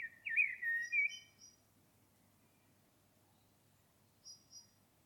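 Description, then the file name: Common blackbird, a brief run of sharp, chirpy notes with high squeaky overtones at the start, then a couple of faint thin notes in the quiet. "Turdus merula"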